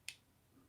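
A spring-loaded claw on a toy action-figure accessory, pulled back until it locked, is released by a push of a button and snaps shut. A single sharp, bright snap rings out at 0.1 s and fades quickly, followed by near-silence with a faint low murmur. The claw has released and closed.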